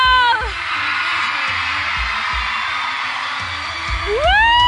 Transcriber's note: shouts and applause